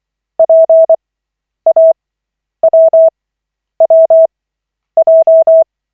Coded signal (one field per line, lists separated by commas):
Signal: Morse code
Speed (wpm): 24 wpm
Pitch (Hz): 650 Hz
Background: none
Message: PAWWJ